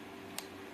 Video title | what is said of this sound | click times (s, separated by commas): Perawatan Perbaikan pada Kamera | bunyi klik. Sudah, maka kamera sudah terpasang | 0.4 s